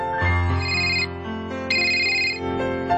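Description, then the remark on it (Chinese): A phone ringtone plays a bright, repeating electronic melody in steady bursts over about three seconds, loud and alone with no voices, as an unanswered call is dialed again. “再打过先。”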